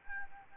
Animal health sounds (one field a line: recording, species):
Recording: mosquito wingbeat signal from an infrared sensor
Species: Aedes albopictus